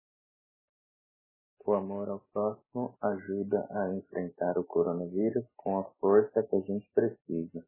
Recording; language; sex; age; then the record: spoken sentence; Brazilian Portuguese; male; 30 to 39 years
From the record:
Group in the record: control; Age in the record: 31 years